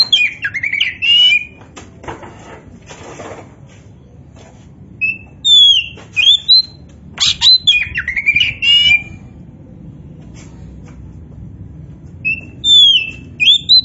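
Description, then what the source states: Oriental magpie-robin in song: bursts of chattery warbling alternate with clear, sliding whistled phrases, separated by pauses. Indonesian name kacer poci; described as gacor.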